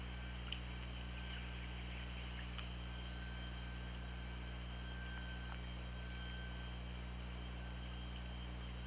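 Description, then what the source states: Killer whale calls: faint, drawn-out tonal sounds holding a steady pitch for several seconds, with scattered brief clicks over a constant low hum and hiss. Recorded underwater on an OrcaLab hydrophone, 24 August 2017 at 05:39.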